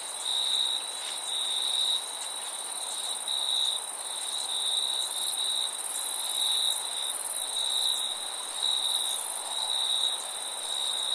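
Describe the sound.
Crickets chirping steadily in a high, continuous chorus, with bright pulsed trills overlapping and a second higher-pitched band of insect buzzing running throughout.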